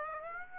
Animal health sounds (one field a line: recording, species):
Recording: mosquito wingbeat signal from an infrared sensor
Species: Aedes aegypti